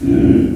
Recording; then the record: squeal of a Yucatan mini pig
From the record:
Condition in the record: after surgery on the right vocal fold (resection and tissue-engineered implant); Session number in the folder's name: 1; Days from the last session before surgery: 13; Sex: female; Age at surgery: 19 weeks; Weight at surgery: 25 kg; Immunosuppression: prednisolone